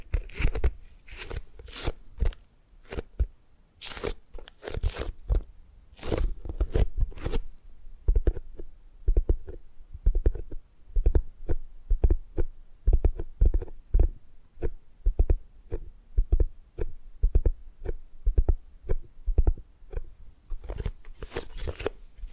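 Tapping and gripping sounds come as a steady run of sharp, crisp knocks, brighter and denser early and late, with a low hum underneath.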